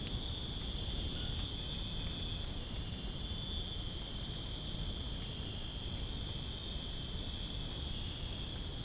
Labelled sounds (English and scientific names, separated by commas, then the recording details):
none
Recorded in dense forest near Puerto Asís, Putumayo, Colombia, on 23 June 2025 at 03:00
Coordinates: 0.481, -76.323
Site G072